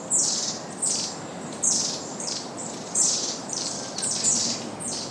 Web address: izumino saunndo enaga